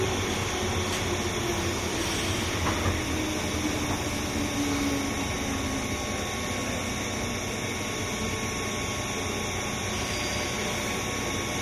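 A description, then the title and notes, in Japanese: Steady, dense rumble of an electric commuter train in motion, with constant loudness throughout. A faint mid-pitched motor whine drifts slowly downward during the first six seconds, and thin high tones ring over the roar. JR201系 桃谷〜桃谷。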